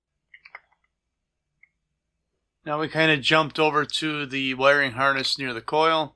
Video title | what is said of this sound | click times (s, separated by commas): Husqvarna 562XP Chainsaw Ignition Module Replacement | it'll just snap right into place like that | 0.3 s